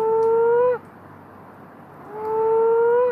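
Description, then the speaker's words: Moaning frog calling: two drawn-out, low, tonal moans separated by a quiet gap. Male calling to attract females during mating season; a very haunting noise; calls commonly around the middle of Perth; a submitted recording. "that's the moaning frog, and it calls quite commonly around the middle of Perth."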